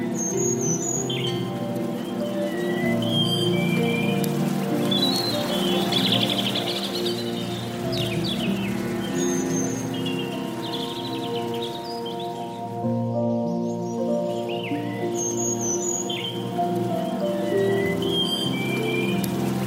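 Soft piano plays sustained, overlapping notes that blend into a steady, mellow bed with no sharp attacks. Bird chirps and short tweets pipe up high above it every few seconds, briefly pausing around the thirteen-second mark. Overall loudness stays even throughout.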